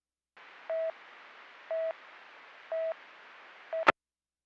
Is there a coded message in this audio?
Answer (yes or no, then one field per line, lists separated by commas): no